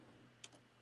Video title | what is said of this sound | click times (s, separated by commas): Converting Ready Made Insert Cards | pop it in until you hear the click | 0.4 s